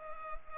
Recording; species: mosquito wingbeat signal from an infrared sensor; Culex pipiens